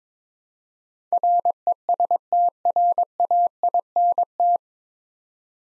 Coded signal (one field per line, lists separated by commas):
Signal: Morse code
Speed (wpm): 22 wpm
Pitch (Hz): 700 Hz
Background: none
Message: RESTRAINT